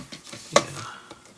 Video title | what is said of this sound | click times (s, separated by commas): LEGO Creator 2024 Retro Camera 31147 Compete Build & Review | so this actually locks in place and you pull this to open it up | 0.6 s